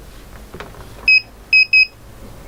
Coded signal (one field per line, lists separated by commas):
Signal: none